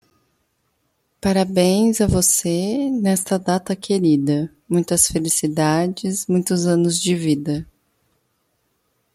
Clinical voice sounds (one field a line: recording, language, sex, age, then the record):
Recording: short text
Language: Brazilian Portuguese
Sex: female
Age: 30 to 39 years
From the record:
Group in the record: control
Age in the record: 39 years